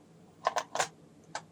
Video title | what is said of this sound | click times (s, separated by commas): 1:1 lego Polaroid camera | you can hear the Click | 0.5 s